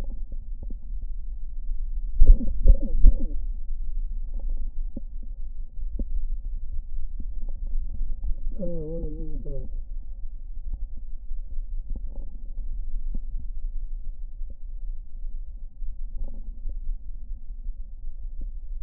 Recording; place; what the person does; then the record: lung sounds by stethoscope; left anterior apical chest; quiet breathing, then cough and speech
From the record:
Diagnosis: COPD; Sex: male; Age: 65 years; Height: 162 cm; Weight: 67.8 kg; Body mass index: 25.8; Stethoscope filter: diaphragm mode